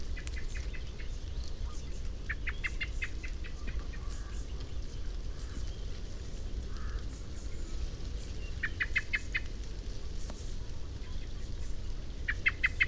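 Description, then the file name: Common blackbird uttering repeated short bursts of sharp ticking notes, spaced irregularly across the recording, over constant low-pitched noise. "Turdus merula"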